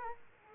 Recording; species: mosquito wingbeat signal from an infrared sensor; Culex quinquefasciatus